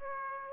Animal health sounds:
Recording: mosquito wingbeat signal from an infrared sensor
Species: Aedes aegypti

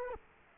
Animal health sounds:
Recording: mosquito wingbeat signal from an infrared sensor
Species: Culex quinquefasciatus

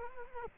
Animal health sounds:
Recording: mosquito wingbeat signal from an infrared sensor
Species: Culex quinquefasciatus

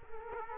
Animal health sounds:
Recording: mosquito wingbeat signal from an infrared sensor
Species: Culex quinquefasciatus

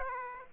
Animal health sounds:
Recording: mosquito wingbeat signal from an infrared sensor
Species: Aedes aegypti

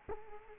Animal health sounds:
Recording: mosquito wingbeat signal from an infrared sensor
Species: Culex quinquefasciatus

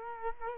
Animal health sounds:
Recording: mosquito wingbeat signal from an infrared sensor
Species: Culex quinquefasciatus

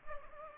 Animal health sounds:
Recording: mosquito wingbeat signal from an infrared sensor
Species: Culex pipiens

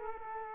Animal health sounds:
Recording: mosquito wingbeat signal from an infrared sensor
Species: Culex quinquefasciatus

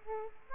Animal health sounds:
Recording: mosquito wingbeat signal from an infrared sensor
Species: Aedes aegypti

